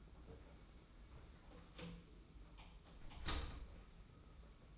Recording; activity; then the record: daily activity, microphone in the room; close door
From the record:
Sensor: 1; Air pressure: 991.6 hPa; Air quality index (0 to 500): 132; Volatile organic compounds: 437 ppm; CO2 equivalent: 4731 ppm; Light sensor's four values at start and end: 35/113/44/46 and 35/113/44/46